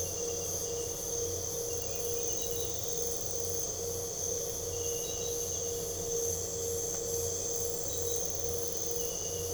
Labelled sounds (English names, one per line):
none